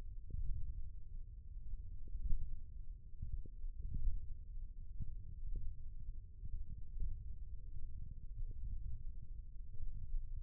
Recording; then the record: forearm muscle sounds (acoustic myography)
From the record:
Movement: thumb flexion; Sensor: system 1, eight BSWA MPA416 microphones around the upper forearm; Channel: 3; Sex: male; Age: 20 years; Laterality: left